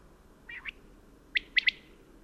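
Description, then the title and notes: Common quail song: two soft notes, then a sharp three-note phrase and the start of another, high and clipped, over quiet background hiss. Col Bayard above Gap, where still common; sings actively at daybreak, around 5:00 in the morning. "la Caille des blés (Coturnix coturnix)encore commune au col bayard au-dessus de Gap"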